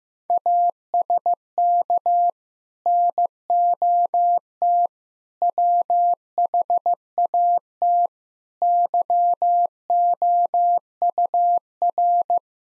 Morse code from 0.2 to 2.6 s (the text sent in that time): ASK